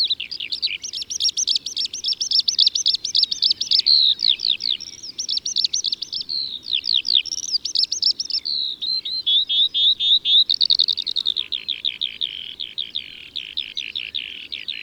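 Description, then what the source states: Eurasian skylark song, a continuous rapid stream of high chirps, trills and warbled notes without pause throughout. Recorded in Ardèche, France.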